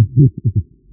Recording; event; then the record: neck accelerometer signal played as sound; no cough (speech, laughter, throat clearing or background)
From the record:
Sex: male